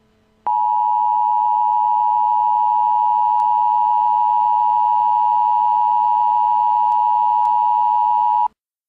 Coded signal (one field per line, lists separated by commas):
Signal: Emergency Alert System (SAME) tones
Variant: 853 and 960 Hz attention tone